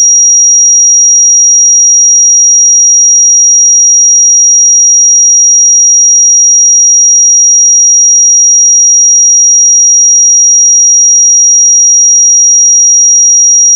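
A pure sine tone at 5714 Hz holds perfectly steady for the whole fourteen seconds. It is a single thin, piercing high pitch with no wavering, pulses or breaks, and nothing else is heard behind it.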